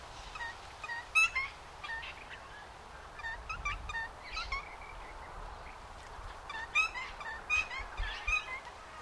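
Noisy friarbird calls: raucous, honking, rasping notes strung into quick irregular phrases, several bursts throughout with quieter gaps between.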